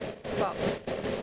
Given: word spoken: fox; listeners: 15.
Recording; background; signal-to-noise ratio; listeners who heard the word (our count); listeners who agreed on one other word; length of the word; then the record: one English word in noise, from a listening test; noise modulated by three-talker babble; -5.6 dB; 3 of 15; 9 of 15; 0.82 s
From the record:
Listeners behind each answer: 9, 3, 1, 1, 1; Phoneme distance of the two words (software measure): 10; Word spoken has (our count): 1 syllable, 4 phonemes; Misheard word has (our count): 1 syllable, 4 phonemes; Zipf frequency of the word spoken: 4.46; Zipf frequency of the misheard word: 5.12